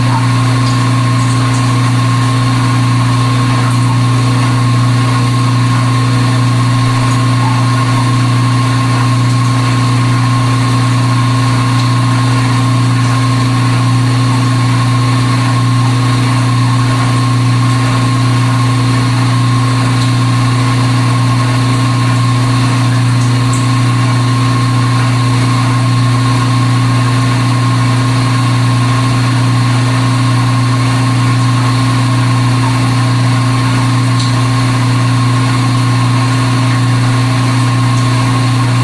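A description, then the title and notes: A dishwasher runs in the kitchen with a steady, unchanging motor hum. A deep low drone dominates, with a thinner whine sitting higher above it, and the sound holds level for the whole stretch, with only a couple of faint ticks. Dishwasher recordings made in the kitchen by Dan Bodah at Dorchminster Mansion, November 2008.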